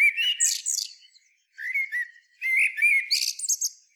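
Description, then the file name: Common blackbird singing mellow, fluty warbles mixed with thin, scratchy high-pitched twitters, with short gaps between the three phrases. "Turdus merula"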